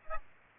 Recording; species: mosquito wingbeat signal from an infrared sensor; Aedes aegypti